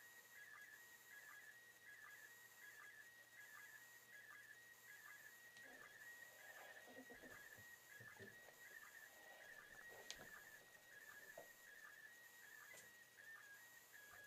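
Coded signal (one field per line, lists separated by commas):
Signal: SSTV (slow-scan television)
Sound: warbling tone around 1.5-2 kHz, repeating rhythmically, buried in hiss and static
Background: radio static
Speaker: So far, pretty good picture. Now we're getting a little bit noisy now.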